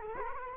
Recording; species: mosquito wingbeat signal from an infrared sensor; Culex quinquefasciatus